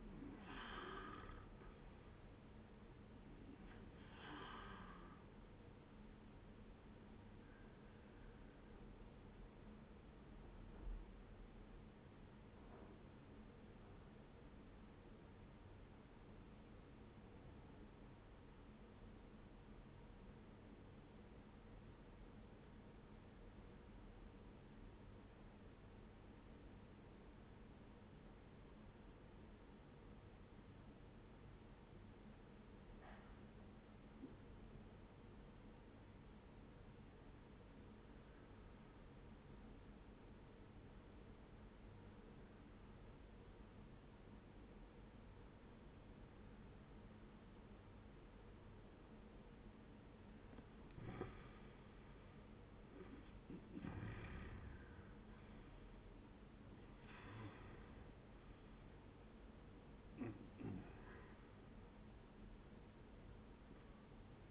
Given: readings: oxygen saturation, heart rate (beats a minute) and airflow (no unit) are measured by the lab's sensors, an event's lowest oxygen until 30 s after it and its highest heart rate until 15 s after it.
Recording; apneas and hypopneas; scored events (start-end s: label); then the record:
breathing in sleep by a voice recorder at the bedside; 1
2.00-32.00 s: new sleep stage, N1 (lightest sleep)
13.00-50.10 s: obstructive apnea (N1, oxygen 97% highest, then 85% lowest, heart rate 74 at the start, 89 highest)
32.00-62.00 s: new sleep stage, N2 (light sleep)
62.00-64.51 s: new sleep stage, N1 (lightest sleep)
From the record:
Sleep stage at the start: N2 (light sleep); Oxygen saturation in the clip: 86 to 97%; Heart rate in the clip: 71 to 89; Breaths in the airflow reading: 4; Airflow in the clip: -11.7 to 15.7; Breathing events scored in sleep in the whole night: 131 in 7.2 hours asleep